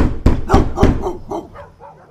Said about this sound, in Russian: Собака во дворе тут же залилась, у соседей отозвалась баском другая, потом в отдалении еще одна, но уже лениво, буф-буф, мол, не балуй, и опять тишина.